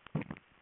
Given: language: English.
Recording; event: throat vibration sensor signal played as sound; swallow